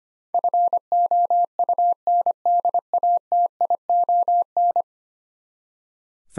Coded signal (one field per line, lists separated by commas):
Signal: Morse code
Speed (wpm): 25 wpm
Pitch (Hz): 700 Hz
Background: none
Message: FOUNDATION